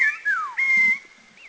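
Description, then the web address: Spotted laughingthrush whistles: a short whistle, a falling slurred note, then a long steady whistle, with a faint short note at the end. Recorded at Dirang, India. "Sounds India Dirang Spotted LT"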